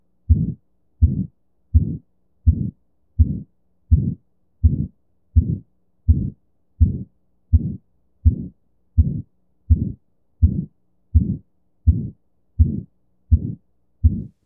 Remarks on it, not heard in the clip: In aortic stenosis, you get a systolic murmur. The second heart sound is essentially inaudible. There is no discernible dub at the end of the murmur, and this tells you that the aortic valve is so badly calcified and stenosed that it's barely opening and therefore barely closing and not making a significant sound.